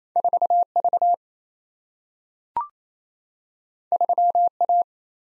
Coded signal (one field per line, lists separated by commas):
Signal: Morse code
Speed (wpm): 28 wpm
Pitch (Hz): 700 Hz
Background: none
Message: 4V 3A